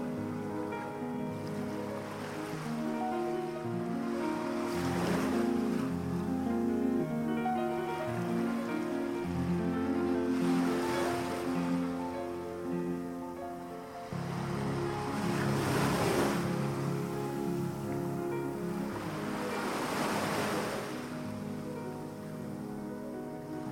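Soft, calm music plays over ocean waves. The music holds steady, sustained chords that shift every few seconds, with a low hum underneath, while waves swell and wash through about every five seconds, near 5, 10, 16 and 21 seconds.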